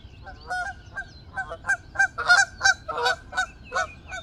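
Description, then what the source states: Goose honks, loud and nasal, coming in quick uneven bursts from several birds, with a faint low hum behind them. Geese recorded in a flyby.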